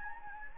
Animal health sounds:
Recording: mosquito wingbeat signal from an infrared sensor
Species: Anopheles gambiae

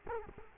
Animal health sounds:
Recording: mosquito wingbeat signal from an infrared sensor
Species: Culex quinquefasciatus

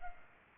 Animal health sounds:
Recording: mosquito wingbeat signal from an infrared sensor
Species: Culex pipiens

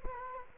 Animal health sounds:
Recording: mosquito wingbeat signal from an infrared sensor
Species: Culex quinquefasciatus

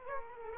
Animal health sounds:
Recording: mosquito wingbeat signal from an infrared sensor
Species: Aedes aegypti

